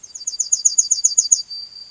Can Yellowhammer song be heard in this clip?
yes